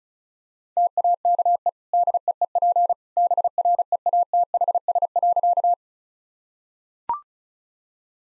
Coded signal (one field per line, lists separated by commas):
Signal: Morse code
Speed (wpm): 34 wpm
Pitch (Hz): 700 Hz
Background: none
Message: TAKE DEEP BREATHS.